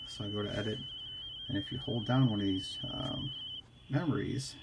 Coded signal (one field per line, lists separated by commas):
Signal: RTTY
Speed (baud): 45.45 baud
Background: speech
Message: WO1N TU W1QK CQ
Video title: #HamRadio Live! 751 Current vs Voltage. Help People in Papua New Guinea To Get Communications Help